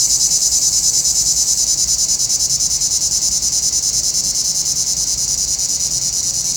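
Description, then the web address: Cicada song, an unbroken piercing buzz with fast even pulsations running the whole way through. "Nature Sounds – Nature Chill Out 2014. Sounds from a Rnewood Cicadas"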